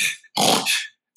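A harsh, fluttering snort lasting about half a second follows a brief breathy lead-in: an adult imitating a dog's snorting sound, likely reverse sneezing, which the dog makes more often as it ages. The dog seems to choke up, stops, makes the sound, then carries on. Irritation where the nose meets the throat, in the nasopharyngeal area, makes the dog suck in air very quickly.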